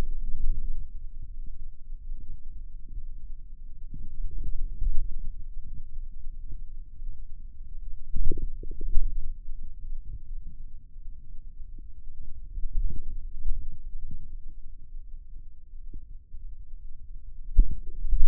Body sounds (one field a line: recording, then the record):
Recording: forearm muscle sounds (acoustic myography)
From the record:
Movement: wrist extension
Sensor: system 2, bracelet of six BSWA MPA416 microphones around the upper forearm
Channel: 4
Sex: male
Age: 22 years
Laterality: right